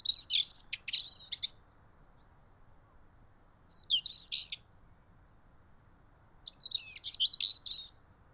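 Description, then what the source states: European stonechat delivering three quick scratchy phrases of squeaky, chattering notes, with pauses between and light background noise. Male singing at Kennemerduinen, Noord-Holland, Netherlands.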